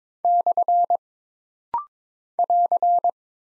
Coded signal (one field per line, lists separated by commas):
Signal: Morse code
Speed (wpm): 23 wpm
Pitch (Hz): 700 Hz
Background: none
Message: / <AR>